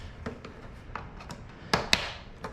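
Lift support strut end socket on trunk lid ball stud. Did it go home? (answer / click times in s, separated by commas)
yes / 1.9 s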